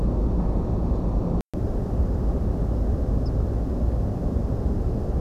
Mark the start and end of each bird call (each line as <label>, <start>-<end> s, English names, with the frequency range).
Ortolan Bunting (4.3-5.6 kHz), 3.24-3.30 s